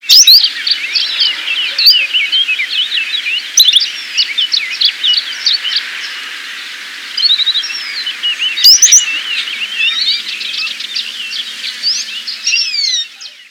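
Canary song: a long, rapid run of bright twittering notes and quick trills.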